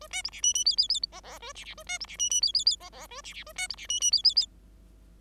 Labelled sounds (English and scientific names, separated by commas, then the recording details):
Bengalese Finch (Lonchura striata domestica) song
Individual Bird5